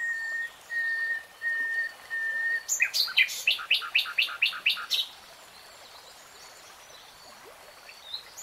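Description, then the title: Nightingale song: a few long pure whistled notes, then a loud burst of rapid repeated chirping phrases for about two seconds, followed by quiet background. Real-time recording, not slowed. "[Tiếng chim hót] REALTIME Nightingale Singing"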